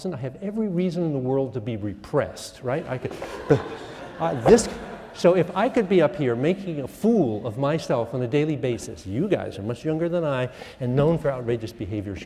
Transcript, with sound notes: I have every reason in the world to be repressed. Right? [laughter] I could — [laughs] This — So if I could be up here making a fool of myself on a daily basis, you guys are much younger than I and known for outrageous behaviors.